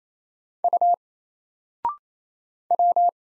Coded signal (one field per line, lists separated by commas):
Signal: Morse code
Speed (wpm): 28 wpm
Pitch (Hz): 700 Hz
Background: none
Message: U W